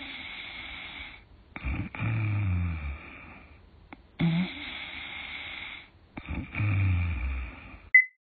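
An adult's snoring during sleep at home: harsh, low-pitched snores that begin with a rasping 'gaa' sound and then recur every two to three seconds in a steady rhythm carried by the low-pitched part, over faint background hiss.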